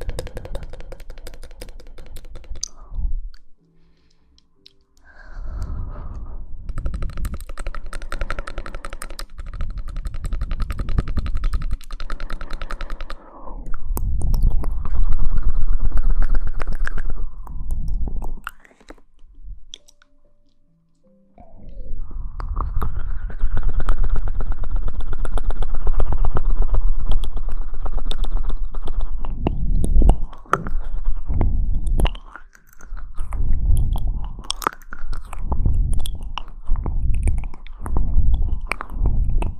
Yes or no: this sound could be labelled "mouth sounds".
yes